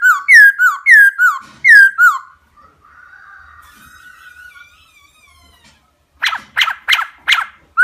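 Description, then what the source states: Laughingthrush song of fast, bright whistled notes, a soft warbling pause, then a burst of sharp clicking notes. Song in the 'giọng rừng' (wild voice) style.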